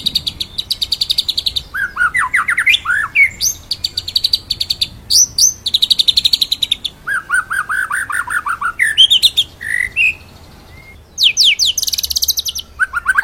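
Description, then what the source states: White-rumped shama song: a long, varied run of high buzzy rattles, rising slurred whistles and fast trills, switching pattern every second or two, with one brief pause. Full rolling song, used as a training song (masteran) for songbirds.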